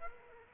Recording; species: mosquito wingbeat signal from an infrared sensor; Aedes aegypti